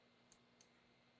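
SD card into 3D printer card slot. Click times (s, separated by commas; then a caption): 0.3 s, 0.6 s. A freshly FAT-formatted SD card with g-code files is pushed into the card slot of a Creality CR-6 SE 3D printer. A short, bright click at 0.3 s marks the first push, which doesn't catch, and a second click at 0.6 s marks the push that latches it. The card ends up seated in the slot.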